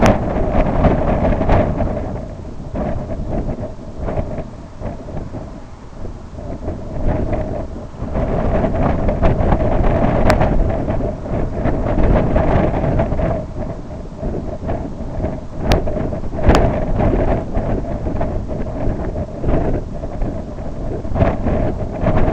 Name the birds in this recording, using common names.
none